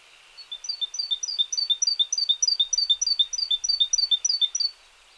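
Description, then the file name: Great tit song, a run of quick high three-note phrases lasting about four seconds. "Parus major"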